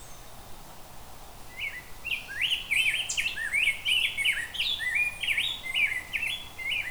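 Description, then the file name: Rose-breasted grosbeak singing a rich, fast warble of short rising and falling whistled phrases, starting after a quiet opening second and running continuously to the end. "Rose Breated Grosebeak"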